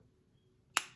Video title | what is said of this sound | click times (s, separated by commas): My Fountain Pens | You can hear it snap. | 0.8 s